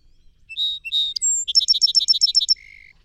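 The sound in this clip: Song sparrow singing: a pair of introductory notes and a high whistle, then a quick rhythmic trill of sharp notes, finishing in a lower drawn-out tone.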